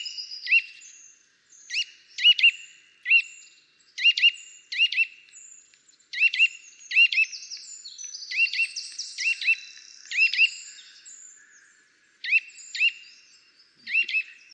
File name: Sitta europaea